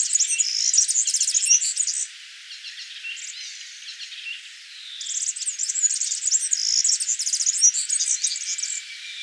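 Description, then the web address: European serin song: a high, glassy jingle of fast buzzy notes for two seconds, a softer pause with faint chirps, then a longer sizzling burst of about four seconds. "vogelstimmen girlitz gesang nabu lars lachmann"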